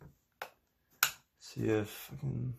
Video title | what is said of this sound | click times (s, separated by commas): How to Recover Files From a Damaged Portable Hard Drive - Maxtor OneTouch 4 Mini Teardown | yeah you can hear it popping out she's | 0.4 s, 1.0 s